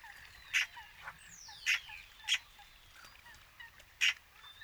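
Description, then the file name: Eurasian magpie harsh calls: four loud, rasping single notes at uneven gaps, with thin whistles and chirps of other birds in the background. "Pica pica"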